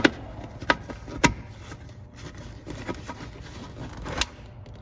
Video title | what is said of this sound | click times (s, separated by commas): How To Replace Reverse Light Bulbs On A C4 1984-1996 Chevrolet Corvette | you hear it snap once it snaps you know it's in | 0.7 s